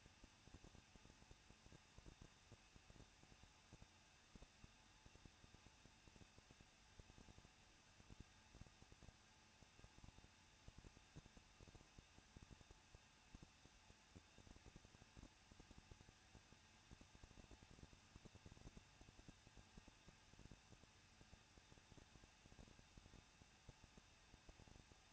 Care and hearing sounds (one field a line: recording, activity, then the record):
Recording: daily activity, microphone in the room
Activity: no activity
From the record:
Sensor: 2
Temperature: 21.0 degrees Celsius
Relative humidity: 37.3%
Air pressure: 1006.4 hPa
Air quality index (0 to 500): 220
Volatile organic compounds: 23 ppm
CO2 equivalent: 2777 ppm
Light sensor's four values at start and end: 2/3/2/2 and 2/3/2/2